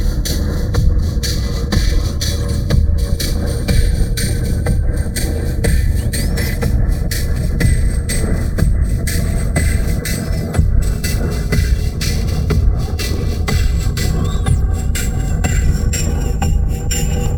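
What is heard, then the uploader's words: Dense, shaped noise with a heavy low rumble and rapid, percussive clicks and ticks throughout, steady in loudness, faintly like a rolling train. Here is some noise shaped with a dynamics envelope. Noise shaped with a dynamics envelope. It turned out quite percussive.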